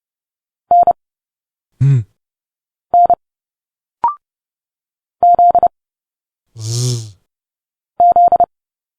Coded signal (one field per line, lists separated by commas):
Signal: Morse code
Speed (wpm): 30 wpm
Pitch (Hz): 700 Hz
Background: none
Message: N N Z Z